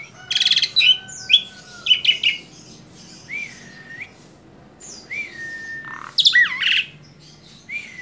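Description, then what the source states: Asian pied starling song: scattered bursts of buzzy, harsh notes mixed with clear level and rising whistles, separated by quiet gaps over a faint low hum. Masteran recording, a training track played to caged birds so they learn the song.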